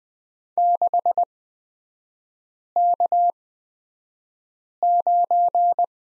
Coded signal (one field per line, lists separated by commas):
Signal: Morse code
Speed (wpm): 20 wpm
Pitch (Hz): 700 Hz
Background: none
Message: 6K9